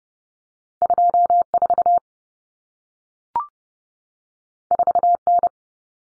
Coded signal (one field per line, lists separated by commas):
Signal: Morse code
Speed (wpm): 30 wpm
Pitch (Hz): 700 Hz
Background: none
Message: 24 4N